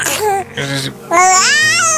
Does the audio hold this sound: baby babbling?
yes